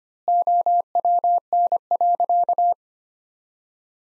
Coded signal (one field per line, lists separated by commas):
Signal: Morse code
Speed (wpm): 25 wpm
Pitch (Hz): 700 Hz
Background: none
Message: OWN.